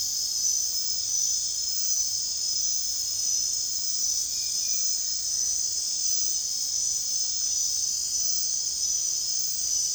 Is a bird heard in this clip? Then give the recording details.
no. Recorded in dense forest near Puerto Asís, Putumayo, Colombia, on 29 June 2025 at 00:00. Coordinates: 0.468, -76.322. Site GP03